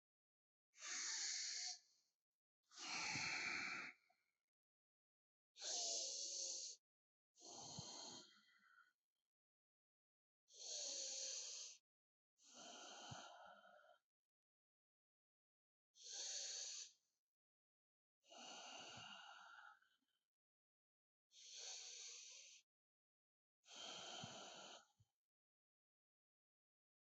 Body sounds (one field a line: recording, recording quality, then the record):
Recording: deep breathing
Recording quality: excellent, no background noise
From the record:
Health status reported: healthy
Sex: male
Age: 26 years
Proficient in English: yes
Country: India